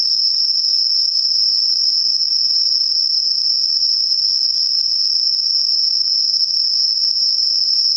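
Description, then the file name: Insect song: one even, high-pitched ringing trill running continuously for the whole stretch. Night-singing insects, recorded at night on 12 September 2023. "yorunomushi 230912"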